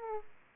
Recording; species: mosquito wingbeat signal from an infrared sensor; Aedes aegypti